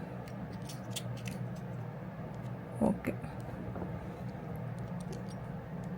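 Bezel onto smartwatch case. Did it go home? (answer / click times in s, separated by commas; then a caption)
yes / 1.3 s, 3.0 s, 3.8 s. An interchangeable bezel is fitted onto the case of a CMF by Nothing Watch Pro 2 smartwatch and twisted until it locks in place. Several small clicks are heard while it turns, at about 1.3, 3.1 and 3.8 seconds, over a steady low background hum, and someone talks. The bezel ends up seated and locked.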